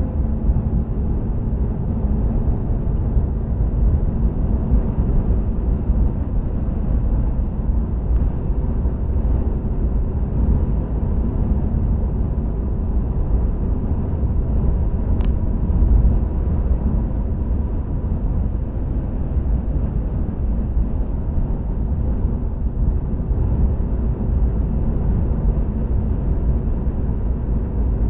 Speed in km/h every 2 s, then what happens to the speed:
63, 64, 66, 66, 66, 68, 69, 69, 69, 66, 66, 66, 66, 66.
0-28 steady at about 66.